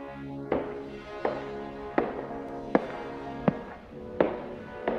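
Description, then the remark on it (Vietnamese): Six heavy running footsteps thud back and forth on the floor of a house, very close behind the listener, at a steady, even pace, each a sharp dull impact, over a continuous low humming drone with no voices. “Tim tôi như đứng khựng lại khi mà ngay sau lưng là những tiếng bước chân đang chạy thình thịch qua qua lại lại trên nền nhà.”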